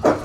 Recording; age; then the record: pig call; growing-finishing pig (85 days or more)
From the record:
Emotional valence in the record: positive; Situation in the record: run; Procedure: transit